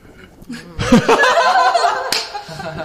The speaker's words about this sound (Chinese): 直播间爆发出了雷鸣般的掌声